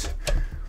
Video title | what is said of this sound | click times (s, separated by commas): I Built the Jonsbo N2 NAS - Better than Synology / QNAP? (Full Build Tutorial) - 100K Sub Special | now you'll know when you get it connected in correctly cuz you'll hear it click | 0.3 s